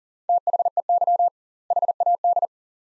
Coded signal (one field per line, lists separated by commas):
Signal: Morse code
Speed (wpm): 40 wpm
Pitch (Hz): 700 Hz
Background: none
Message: THEY HAD